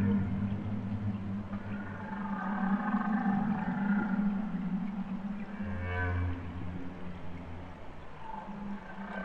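Humpback whale song with sustained low moans and a deep groaning unit near six seconds, partly buried in heavy low-frequency underwater rumble.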